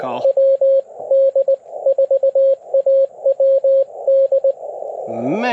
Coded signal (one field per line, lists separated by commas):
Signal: Morse code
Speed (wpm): 19 wpm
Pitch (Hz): 540 Hz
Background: speech, radio noise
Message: WD4AWD